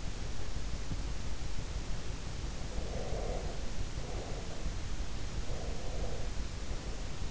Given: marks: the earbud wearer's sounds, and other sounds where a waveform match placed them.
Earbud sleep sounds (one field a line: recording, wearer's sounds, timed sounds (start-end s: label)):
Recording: sounds in sleep by an in-ear microphone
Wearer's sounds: breath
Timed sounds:
2.72-4.93 s: breath
5.32-6.43 s: breath